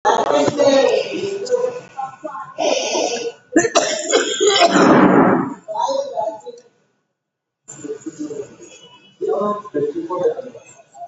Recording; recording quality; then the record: deep breathing; poor, much background noise or distortion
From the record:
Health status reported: COVID-19 positive, moderate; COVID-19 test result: positive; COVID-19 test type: RT-PCR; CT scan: not taken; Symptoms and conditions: cough, breathing difficulty, fatigue, asthma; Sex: female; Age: 60 years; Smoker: no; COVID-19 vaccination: both doses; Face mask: not worn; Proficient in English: yes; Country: India